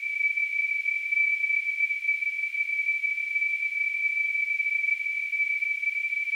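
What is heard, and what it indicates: A steady, unwavering high-pitched tone, around 2 kHz with a faint hiss above it, holds for the full six seconds. This is a simulation of tonal tinnitus, the ringing or whistling heard in the ears without any outside sound.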